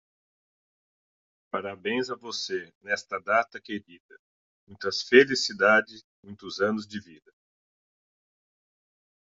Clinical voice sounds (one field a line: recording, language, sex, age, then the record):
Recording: short text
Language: Brazilian Portuguese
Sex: male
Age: 40 to 49 years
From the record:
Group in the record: control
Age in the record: 46 years